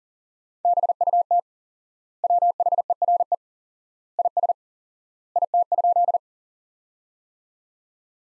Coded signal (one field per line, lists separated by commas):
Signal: Morse code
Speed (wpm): 40 wpm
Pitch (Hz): 700 Hz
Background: none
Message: BUT WHERE IS IT?